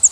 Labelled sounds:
Northern Parula flight call

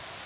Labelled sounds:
Blackburnian Warbler flight call

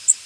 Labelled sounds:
Blackburnian Warbler flight call

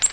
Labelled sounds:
Nashville Warbler flight call

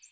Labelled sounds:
American Redstart flight call

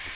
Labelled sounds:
Magnolia Warbler flight call

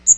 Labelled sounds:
Magnolia Warbler flight call

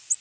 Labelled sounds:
Ovenbird flight call

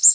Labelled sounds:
Golden-winged Warbler flight call

